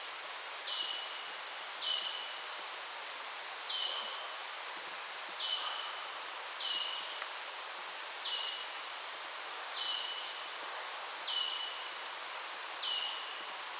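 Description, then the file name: Marsh tit repeating a sharp high note that drops into a lower rasping part, about nine times at irregular intervals, over constant hiss. "Poecile palustris"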